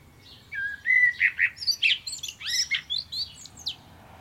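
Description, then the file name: Common blackbird singing a full phrase: low mellow whistles flowing into a rapid, chattering cascade of squeaky high notes that fades out. "Turdus merula"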